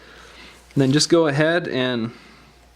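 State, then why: Not seated. Flex cable connectors for the front camera, rear camera, LCD and logic on an LG G3 phone are handled above their logic board sockets during a vibration motor replacement, while someone talks over a low steady background hum. Nothing has seated or clicked into its socket yet.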